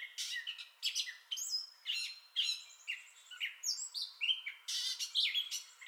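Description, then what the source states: Gray catbird delivering a disjointed song of rasping notes, squeaks and short whistled slurs, separated by tiny gaps roughly twice a second. Entire song bout recorded 2021-05-30.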